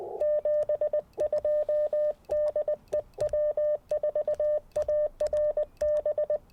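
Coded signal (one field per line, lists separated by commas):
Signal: Morse code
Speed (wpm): 20 wpm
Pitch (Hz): 600 Hz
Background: none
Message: 72 DE W4ARB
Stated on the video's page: QRP CW Parks on the Air activation with some DX, Icom IC-705, PackTenna random wire antenna and Elecraft T1 tuner.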